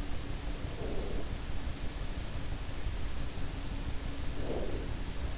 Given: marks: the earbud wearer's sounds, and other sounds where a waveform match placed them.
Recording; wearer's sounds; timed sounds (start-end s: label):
sounds in sleep by an in-ear microphone; breath
0.56-1.56 s: breath
4.01-5.38 s: breath